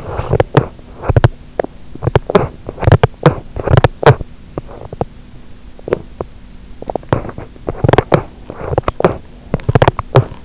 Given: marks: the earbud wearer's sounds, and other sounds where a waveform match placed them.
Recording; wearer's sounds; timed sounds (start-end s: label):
sounds in sleep by an in-ear microphone; teeth grinding
0.00-10.45 s: teeth grinding